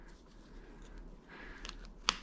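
The upper plastic buckle clasp of a BabyBjorn Baby Carrier One Air, the second of its clasps, is found and pushed into its receiver on the carrier. After soft fumbling and a couple of faint ticks, a loud sharp click at 2.1 seconds marks it clicking shut and seated.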